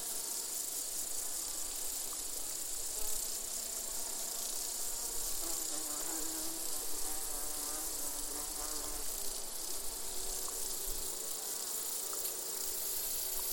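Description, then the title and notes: Insect chorus (bees, grasshoppers and crickets): steady high hiss with wavering low buzzing hums. Bees, grasshoppers and crickets in gentle summer chorus, recorded in an open meadow near the Col de Châtillon, 1680 metres altitude. "featuring bees, grasshoppers and crickets, was recorded in an open meadow near the Col de Châtillon"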